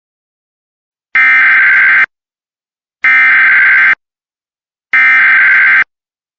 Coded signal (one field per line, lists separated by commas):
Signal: Emergency Alert System (SAME) tones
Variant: header bursts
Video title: TOR (EAS 106) (please read the description NOW!)